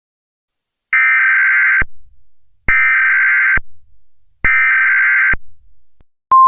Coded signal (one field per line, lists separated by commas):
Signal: Emergency Alert System (SAME) tones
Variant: header bursts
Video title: The Backrooms EAS Scenario